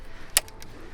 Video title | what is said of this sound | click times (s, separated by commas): BMW E90 Aluminum brush trim install | Just gotta match up the sleeve right here with that little gap right there, and literally pops right in. | 0.4 s